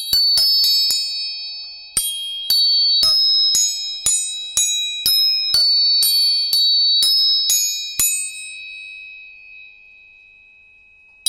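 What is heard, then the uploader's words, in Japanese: A tuning fork is struck over and over, about two times a second for the first eight seconds, each tap a sharp metallic ping. A bright, high ringing tone sustains between strikes, then slowly fades into near silence, with one faint click at the end. 音叉チューニング全体性。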